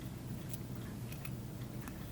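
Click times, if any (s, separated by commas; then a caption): none. A plastic battery-terminal piece from a model kit is pushed down into the model's battery housing, giving a few faint, brief ticks near 0.5 s and 1.9 s over a steady low hum. The piece has not snapped or seated yet; no click is heard, and it could still go a little further.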